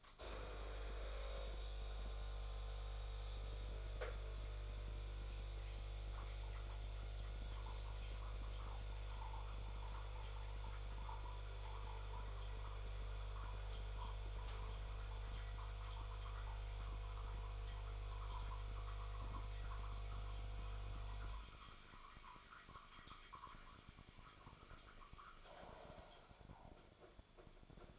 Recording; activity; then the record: daily activity, microphone in the room; make coffee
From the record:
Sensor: 5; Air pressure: 1014.8 hPa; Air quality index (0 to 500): 200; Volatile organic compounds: 9 ppm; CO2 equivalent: 2136 ppm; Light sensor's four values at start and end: 18/41/16/14 and 17/40/16/14